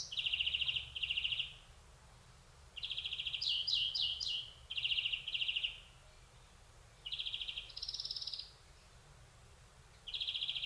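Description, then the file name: European greenfinch repeating paired buzzy trills, with a cluster of quick descending notes and a higher trill, over soft background hiss. "Chloris chloris"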